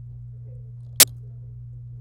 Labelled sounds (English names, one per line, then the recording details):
Domestic Canary song
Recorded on 26 April 2018 at 13:37
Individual llb3